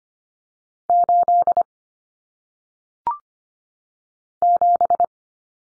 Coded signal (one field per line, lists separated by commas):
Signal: Morse code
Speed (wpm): 25 wpm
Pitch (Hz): 700 Hz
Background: none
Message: 8 7